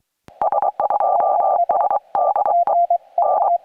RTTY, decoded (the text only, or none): none